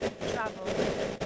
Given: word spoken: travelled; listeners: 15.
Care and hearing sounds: one English word in noise, from a listening test; noise modulated by three-talker babble; -7.1 dB; 0 of 15; 14 of 15; 0.86 s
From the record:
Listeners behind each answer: 14, 1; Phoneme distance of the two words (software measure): 7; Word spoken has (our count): 2 syllables, 6 phonemes, stress on syllable 1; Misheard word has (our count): 2 syllables, 5 phonemes, stress on syllable 1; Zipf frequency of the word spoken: 4.40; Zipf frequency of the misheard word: 4.82

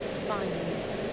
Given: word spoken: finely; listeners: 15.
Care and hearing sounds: one English word in noise, from a listening test; speech-shaped noise; -4.6 dB; 0 of 15; 10 of 15; 0.73 s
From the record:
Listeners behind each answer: 10, 2, 2, 1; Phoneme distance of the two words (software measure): 17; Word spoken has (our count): 2 syllables, 5 phonemes, stress on syllable 1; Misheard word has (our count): 1 syllable, 4 phonemes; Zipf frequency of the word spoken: 3.75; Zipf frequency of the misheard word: 5.89

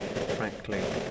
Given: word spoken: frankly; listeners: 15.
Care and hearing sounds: one English word in noise, from a listening test; noise modulated by three-talker babble; -3.1 dB; 2 of 15; 6 of 15; 0.71 s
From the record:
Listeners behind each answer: 6, 5, 2, 2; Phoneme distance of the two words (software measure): 34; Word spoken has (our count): 2 syllables, 7 phonemes, stress on syllable 1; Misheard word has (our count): 3 syllables, 7 phonemes, stress on syllable 1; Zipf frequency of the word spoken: 4.35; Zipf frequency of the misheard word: 3.33

